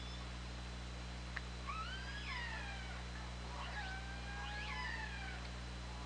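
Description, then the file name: Killer whale pulsed calls: several harmonic, sweeping cries, some falling and some rising, partly overlapping, over a steady low underwater hum. Recorded on the OrcaLab hydrophone, 24 August 2017, at 20:23. "Orca Lab 20170824 202334"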